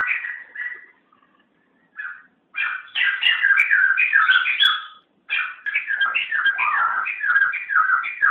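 Bird song opening with a few scattered notes, then long bursts of quick, warbling whistles that rise and fall, broken by one short gap.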